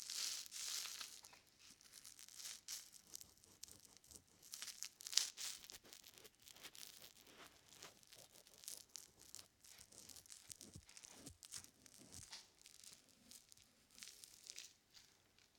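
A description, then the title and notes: A soapy sponge squishes and crackles, with dense bursts of bright fizzing and popping that come and go without a steady rhythm. It is loudest in the first second, with a sharp click just after five seconds, then continues in softer, irregular squeezes. ASMR Binaural Sounds Water Soap Sponge.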